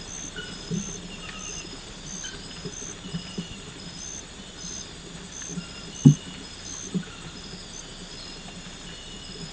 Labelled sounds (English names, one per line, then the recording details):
none
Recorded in pastures near Puerto Asís, Putumayo, Colombia, on 12 March 2025 at 00:00
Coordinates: 0.472, -76.329
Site G074